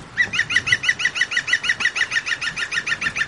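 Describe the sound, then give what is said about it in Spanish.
A bird perched at the top of a tree calls in a fast, steady series of about twenty sharp, mid-to-high pitched notes. The notes are evenly spaced and fairly loud, over faint background hiss, with no talking. “Ah, ¿habéis escuchado al pájaro observador?”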